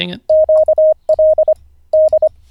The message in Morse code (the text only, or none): QLD